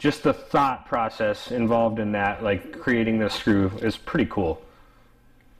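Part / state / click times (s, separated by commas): crankshaft locking screw into motorcycle engine case / not seated / none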